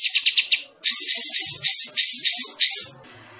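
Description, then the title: Bulbul giving about five quick pulsed notes, a short pause, then a string of loud rasping buzzy bursts. Described as gacor, singing actively. "Kapas Tembak Gacor"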